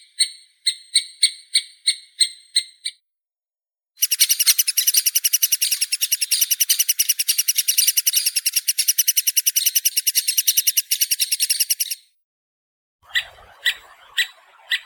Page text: Дятел трёхпалый (Picoides tridactylus)